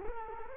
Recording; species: mosquito wingbeat signal from an infrared sensor; Culex quinquefasciatus